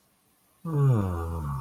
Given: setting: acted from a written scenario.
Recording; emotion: vocal sound without words; contentment